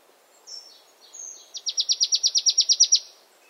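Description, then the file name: Marsh tit calls: two thin, high introductory notes, then an even series of about a dozen quick, sharp repeated notes. "Poecile palustris"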